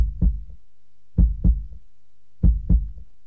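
The heartbeat of a man thumps in a steady lub-dub rhythm, three double beats low and muffled, each pair a deep thud followed quickly by a softer one, with quiet gaps between, in a Polish radio advertisement for NutriCardin Omega Max.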